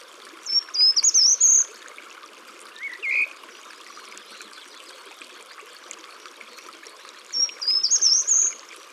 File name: Grimpereau des jardins Chants doiseaux dans la campagne